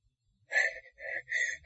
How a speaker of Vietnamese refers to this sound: thở hồng hộc.